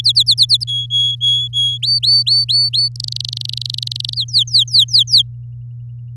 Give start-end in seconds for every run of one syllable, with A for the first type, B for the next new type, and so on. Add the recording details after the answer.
0.00-0.64 A, 0.67-1.78 B, 1.82-2.88 C, 2.96-4.15 D, 4.16-5.22 E. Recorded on 8 May 2018 at 06:13. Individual llb16